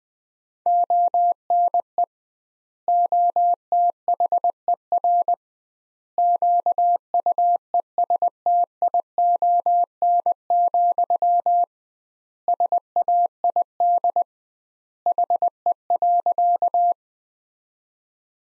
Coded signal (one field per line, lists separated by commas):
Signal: Morse code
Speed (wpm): 20 wpm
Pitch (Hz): 700 Hz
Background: none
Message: ONE OTHER QUESTION, SAID HE.